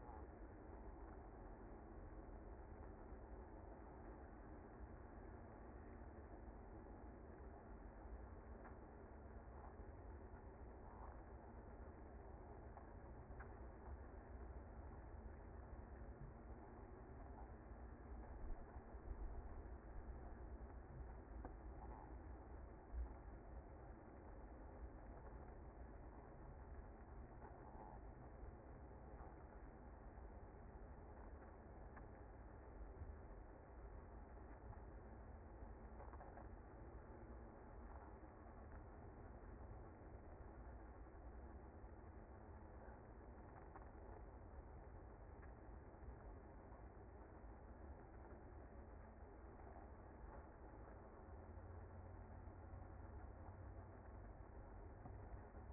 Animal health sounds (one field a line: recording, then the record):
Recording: honeybee colony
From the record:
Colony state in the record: active